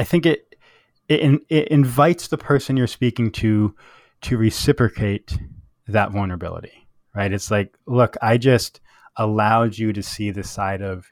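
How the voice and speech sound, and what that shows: A man speaks in a relaxed, mostly fluent way. He repeats a word ('to… to') across a pause, holds a stop sound for almost half a second, and breaks phrases with silent gaps. These are mild stuttering moments, with repetitions and brief blocks, in an adult who stutters openly and experiences his stutter as a temporary loss of control of his articulators.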